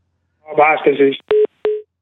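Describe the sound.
A brief burst of voice cuts off as a listener's call from Mantova to a radio call-in show drops, followed by two short, steady mid-pitched beeps of a telephone line tone, each starting with a click, then silence.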